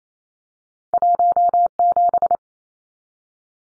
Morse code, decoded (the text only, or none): 17